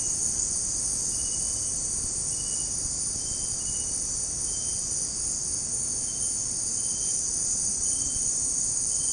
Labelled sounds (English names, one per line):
none